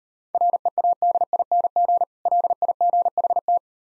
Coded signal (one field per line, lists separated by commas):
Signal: Morse code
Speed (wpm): 38 wpm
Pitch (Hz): 700 Hz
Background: none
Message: READING LIGHT